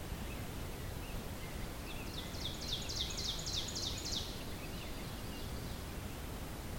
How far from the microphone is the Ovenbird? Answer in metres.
about 55 m